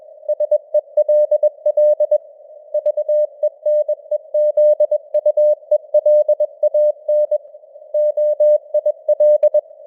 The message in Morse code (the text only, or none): SELL VENEZUELAN OIL